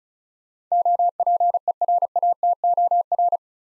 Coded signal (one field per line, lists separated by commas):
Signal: Morse code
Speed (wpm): 36 wpm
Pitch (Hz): 700 Hz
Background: none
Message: OPERATOR